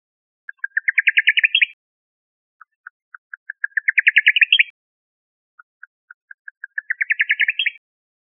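Bird call: a series of spaced clicking notes that speed up into a rising rattling trill ending on a sharp note, repeated three times about every three seconds.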